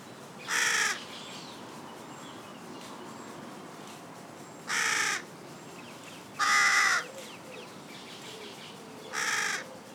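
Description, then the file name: Carrion crow producing four separate grating caws at irregular intervals, with low background hiss between them. "Corvus corone"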